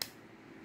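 A black and yellow chest panel on a Bandai HI-METAL R VF-4G Lightning III die-cast transforming robot figure from Macross Flash Back 2012 is pulled forward until it seats. A single sharp click sounds at 0.0 s, followed by a quiet low background hum. The panel clicks into place in its forward position.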